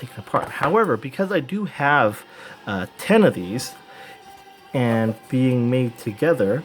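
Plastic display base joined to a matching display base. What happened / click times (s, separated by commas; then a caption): Handled, not yet home: plastic parts not yet snapped together / none. Someone talks while two matching plastic model-kit display bases are handled and pressed together by hand. The clip ends just before the part goes home, so nothing has seated or clicked yet.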